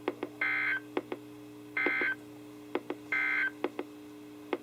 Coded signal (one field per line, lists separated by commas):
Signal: Emergency Alert System (SAME) tones